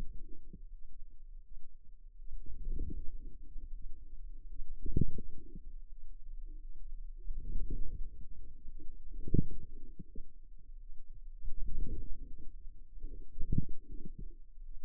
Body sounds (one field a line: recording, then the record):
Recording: forearm muscle sounds (acoustic myography)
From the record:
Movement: outward rotation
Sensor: system 2, bracelet of six BSWA MPA416 microphones around the upper forearm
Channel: 2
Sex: female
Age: 23 years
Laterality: right